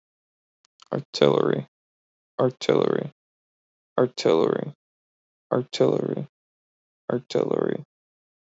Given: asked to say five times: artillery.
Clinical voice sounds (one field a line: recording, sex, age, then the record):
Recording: repeated word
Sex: male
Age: 20 to 29 years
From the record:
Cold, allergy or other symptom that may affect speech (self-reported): no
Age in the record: 25 years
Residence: Michigan, United States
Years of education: 13